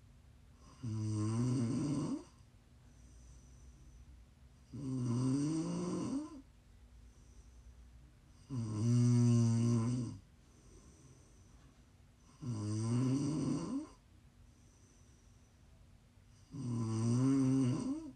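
Five loud, low, rumbling snores at about 15 per minute, with quiet exhalations between; ordinary snoring.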